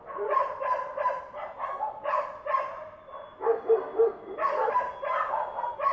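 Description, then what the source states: Dog barking steadily in rapid, sharp barks with only brief breaks, continuing through to the end. May 2016.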